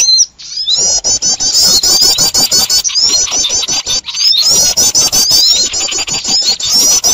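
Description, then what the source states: Birds noisily chattering, repeated bursts of high twittering squeaks with short breaks, accompanied by dense clicking crackle. Noisy bird chatter, used as a lure for trapping birds.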